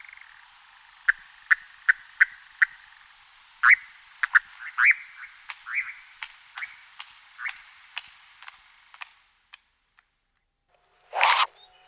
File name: Golosa ptic - Obyknovennyj kozodoj Caprimulgus europaeus